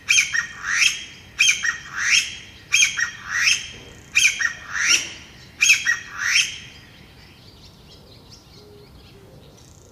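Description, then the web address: Chinese bamboo partridge repeating shrill rising phrases five times, then stopping, leaving a quiet stretch at the end. "sikioto birds kojyukei"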